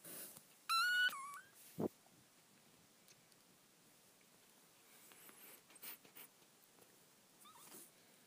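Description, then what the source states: Cat: kitten giving one loud, high, slightly wavering mew early on, a sharp knock just after, then quiet with faint rustles and a soft mew near the end. Kittens, more than one.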